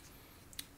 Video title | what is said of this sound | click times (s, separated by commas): Overclockersclub reviews the new DARK CORE RGB PRO gaming mouse from Corsair. | this easily pops back off but another cool thing is right here | 0.6 s